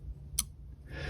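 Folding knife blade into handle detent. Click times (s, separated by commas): 0.4 s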